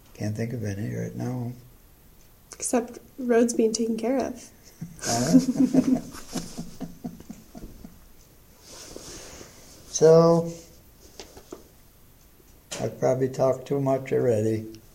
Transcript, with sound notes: can't think of any right now.
Except roads being taken care of.
[laughter] So, I probably talked too much already.